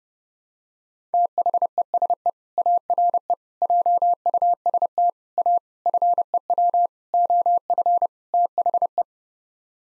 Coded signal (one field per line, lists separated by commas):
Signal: Morse code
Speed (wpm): 31 wpm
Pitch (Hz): 700 Hz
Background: none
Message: THESE ARE JUST A FEW OF THE